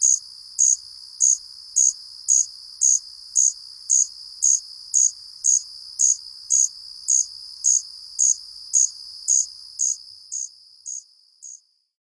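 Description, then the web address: Striped ground cricket song: a steady series of short high pulsed chirps, about two per second, holding a regular rhythm before fading out at the end. "Songs of Insects. Striped Ground Cricket"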